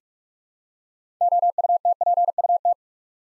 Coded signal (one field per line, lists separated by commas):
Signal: Morse code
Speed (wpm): 44 wpm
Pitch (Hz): 700 Hz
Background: none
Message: OUTPUT